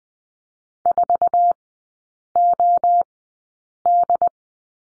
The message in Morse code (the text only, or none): 4OD